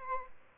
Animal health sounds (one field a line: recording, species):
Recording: mosquito wingbeat signal from an infrared sensor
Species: Aedes albopictus